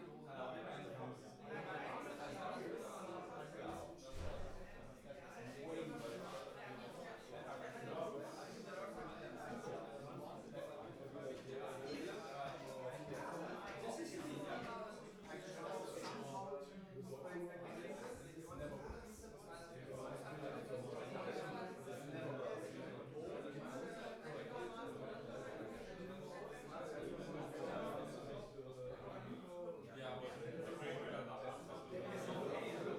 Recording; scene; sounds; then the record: everyday scene through a hearing-aid microphone; many people talking; many voices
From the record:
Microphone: behind the ear, right, rear